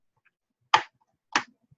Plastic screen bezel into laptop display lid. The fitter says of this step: you'll hear it snap it in and